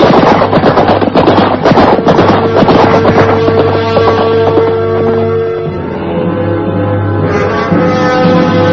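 The hooves of two ridden horses clip-clop in a quick, uneven rhythm as the riders set off, over a steady low humming drone, the hoofbeats thinning out after a few seconds while the drone carries on. No one speaks.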